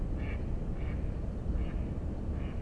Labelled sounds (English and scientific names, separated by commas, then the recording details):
Mallard (Anas platyrhynchos)
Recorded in Germany
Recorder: ecoPi